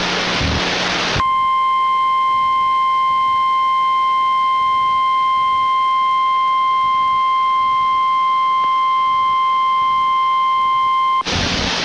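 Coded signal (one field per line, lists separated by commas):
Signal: Emergency Alert System (SAME) tones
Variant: 1050 Hz attention tone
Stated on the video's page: EAS alert tones that came before a Tornado Warning on an IntelliStar cable weather system.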